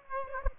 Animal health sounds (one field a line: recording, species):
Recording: mosquito wingbeat signal from an infrared sensor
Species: Aedes aegypti